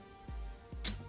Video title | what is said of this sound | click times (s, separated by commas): TRANSFORMERS - EARTHRISE - HOIST - REVIEW | the nice click there and so it's not too | 0.9 s